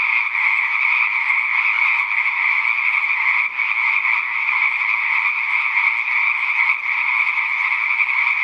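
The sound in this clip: Frogs in full chorus, an unbroken trilling din of many callers, with one or two brief dips before the sound swells again.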